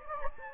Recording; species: mosquito wingbeat signal from an infrared sensor; Anopheles gambiae